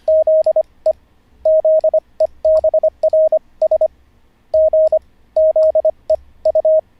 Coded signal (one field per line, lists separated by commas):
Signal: Morse code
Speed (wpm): 25 wpm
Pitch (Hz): 630 Hz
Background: radio noise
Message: ZE ZEBRS G ZEU